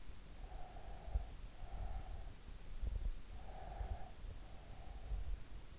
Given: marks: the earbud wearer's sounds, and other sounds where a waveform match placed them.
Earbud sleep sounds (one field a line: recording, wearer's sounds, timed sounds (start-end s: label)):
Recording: sounds in sleep by an in-ear microphone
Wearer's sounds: breath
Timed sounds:
0.56-2.51 s: breath
3.56-5.54 s: breath